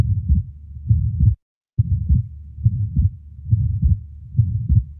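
Simulated heart sounds (device) with fixed splitting of the second heart sound (S2): the split stays the same in expiration and inspiration. This is an example of atrial septal defect (ASD), in which a murmur is heard along with the fixed split of S2.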